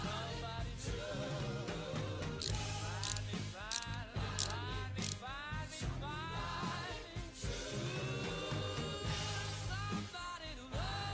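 Music plays throughout, with a steady low bass and bending, sliding melody lines that rise and fall. Between about two and five seconds, sharp bright knocks land at a regular pace like hammer taps, then the busy, dense mix carries on to the end.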